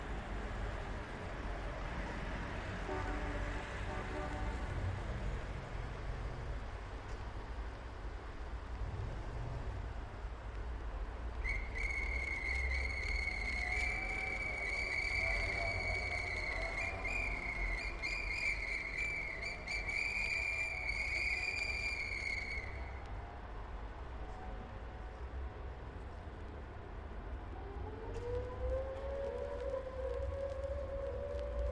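Steady traffic rumble with passing vehicles, a high siren-like whine holding from about 11 to 23 seconds, and a rising tone near the end.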